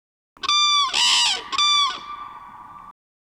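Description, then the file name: Common crane giving loud, resonant trumpeted calls, a harsh burst between two clear ringing notes, tailing off into a quieter steady tone. Played back. "Trane"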